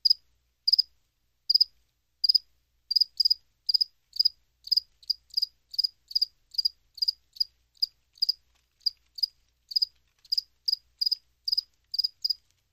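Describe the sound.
Cricket chirping: short high pulsed chirps repeated irregularly, roughly two to three per second at times, with brief pauses, in an otherwise silent background.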